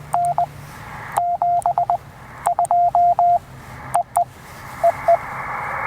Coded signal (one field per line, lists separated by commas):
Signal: Morse code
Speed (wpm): 19 wpm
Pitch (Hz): 700 Hz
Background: none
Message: N 72 EE EE